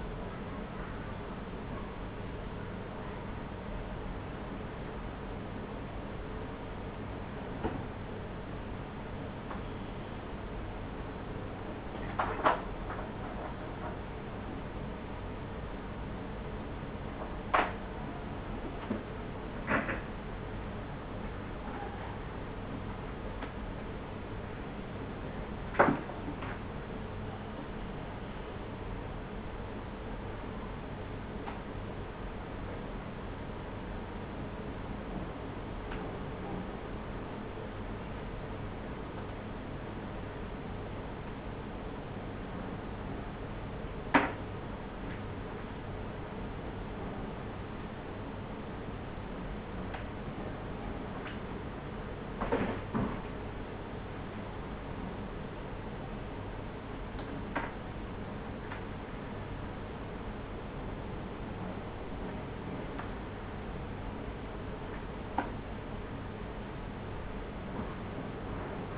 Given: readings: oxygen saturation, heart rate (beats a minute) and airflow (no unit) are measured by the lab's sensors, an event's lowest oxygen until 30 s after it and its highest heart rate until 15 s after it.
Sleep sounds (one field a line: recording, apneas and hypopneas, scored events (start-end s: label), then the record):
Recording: a person awake in a sleep study, by a voice recorder at the bedside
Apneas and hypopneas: none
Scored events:
0.00-68.98 s: awake
0.00-68.98 s: awake
From the record:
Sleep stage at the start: awake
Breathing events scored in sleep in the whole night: 210 in 6.9 hours asleep